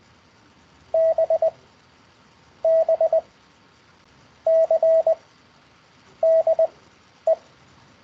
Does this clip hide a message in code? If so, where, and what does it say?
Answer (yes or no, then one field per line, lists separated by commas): yes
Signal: Morse code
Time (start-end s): 0.9-7.3 s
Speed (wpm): 20 wpm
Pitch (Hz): 650 Hz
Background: none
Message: B B C D E